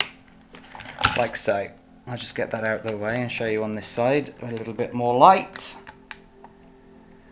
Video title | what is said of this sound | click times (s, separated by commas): How to grease the differentials WLTOYS 144001, 124017-019 EACHINE EAT14 | Odată ce este în poziție înapoi, faceți clic tare, | 0.0 s